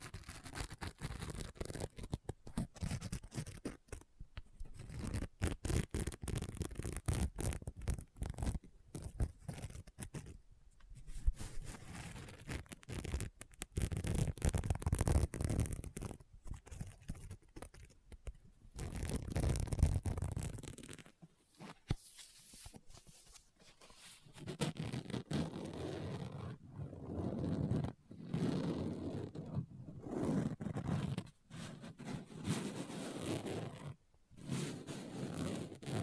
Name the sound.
Book Tapping, Scratching, Page Turning